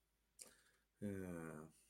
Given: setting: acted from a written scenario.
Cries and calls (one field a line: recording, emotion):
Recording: vocal sound without words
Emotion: contentment